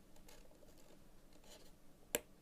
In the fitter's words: and you should hear it click into place